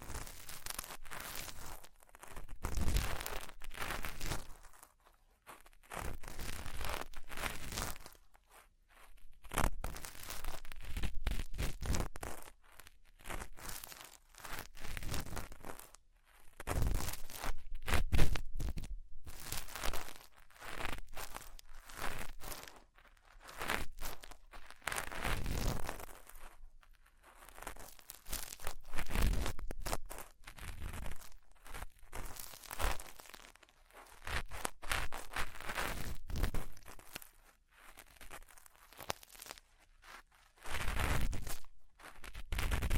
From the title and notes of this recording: ASMR Deep Ear Cleaning Session. (No Talking).